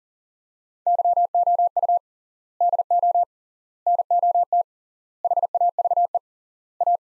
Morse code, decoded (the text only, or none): YOU DO NOT HAVE A